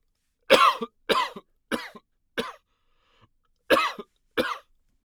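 An adult coughing: six short, forceful coughs over about five seconds.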